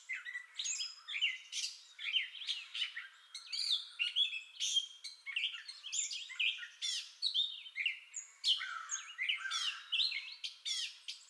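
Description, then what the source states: Gray catbird song, a steady, rambling jumble of squeaky, scratchy and whistled phrases, each short and varied, delivered without pause throughout. Entire song bout recorded 2021-05-30.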